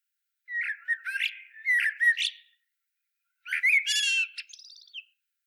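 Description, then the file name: Common blackbird song: two fluty warbled phrases, each ending in a squeaky high twitter, then a pause and a brighter phrase closing with thin high notes. "Turdus merula"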